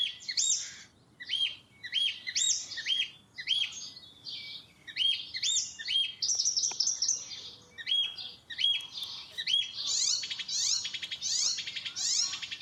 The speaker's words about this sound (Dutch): Dit is zijn eigen... Dat is een spotvogel, ja, dat is... zoals die zou moeten klinken, zeg maar.